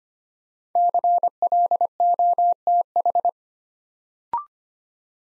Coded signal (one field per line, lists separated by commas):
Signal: Morse code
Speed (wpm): 25 wpm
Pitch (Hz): 700 Hz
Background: none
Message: CLOTH